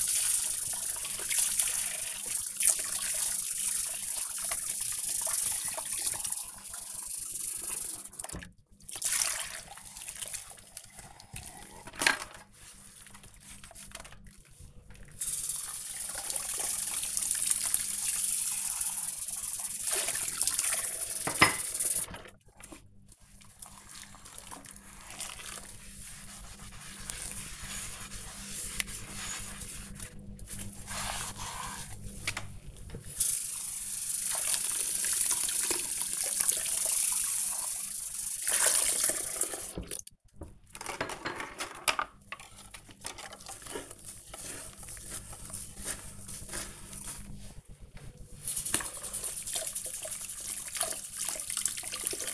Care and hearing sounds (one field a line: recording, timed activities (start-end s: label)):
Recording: household activities, microphone on the right wrist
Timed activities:
0.00-52.34 s: washing dishes